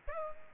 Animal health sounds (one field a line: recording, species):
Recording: mosquito wingbeat signal from an infrared sensor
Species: Aedes aegypti